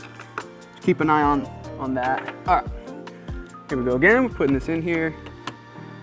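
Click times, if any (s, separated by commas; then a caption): 5.5 s. A rivnut that was not sitting flat is re-inserted into the hole in the steel door panel of a 2007–2018 (NCV3) Mercedes Sprinter van during a stop stay install and pushed home. Someone talks over background music, with a few light ticks along the way. A single sharp hit at 5.5 s marks the rivnut seating nice and flat against the surface.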